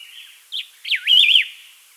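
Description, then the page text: Variegated laughingthrush singing a brief note, then a clear, looping whistle that dips and rises several times over a soft background hiss. "Variegated Laughingthrush Song. Quick Sounds"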